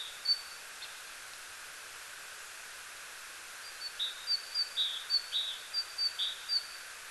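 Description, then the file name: Great tit with one isolated note, a quiet gap, then a rhythmic string of several see-sawing two-note phrases, high then lower, over gentle hiss. "Parus major"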